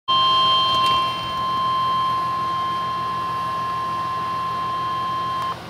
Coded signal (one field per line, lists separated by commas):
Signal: Emergency Alert System (SAME) tones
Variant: 1050 Hz attention tone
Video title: Severe T-Storm Warning [EAS #102] 7-24-12